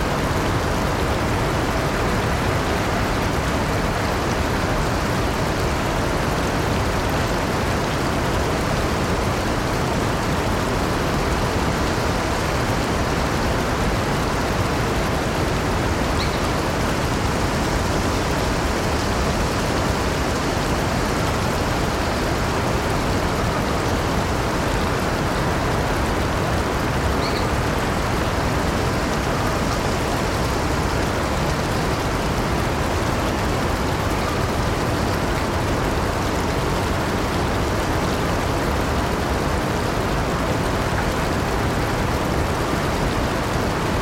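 A brook rushes steadily and densely, its even, full hiss unchanging throughout, with faint brief ticks near sixteen and twenty-seven seconds.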